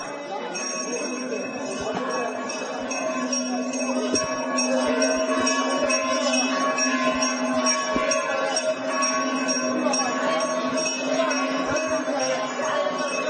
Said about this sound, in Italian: Come se la sua preghiera fosse stata ascoltata, si udì l'improvviso fragore della campana di un tempio.